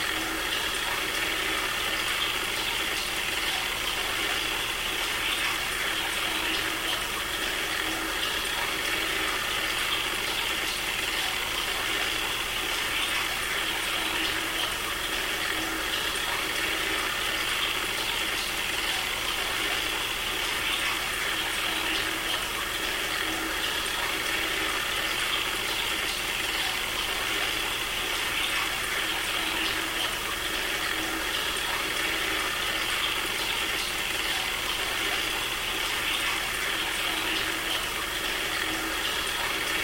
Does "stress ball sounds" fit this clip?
no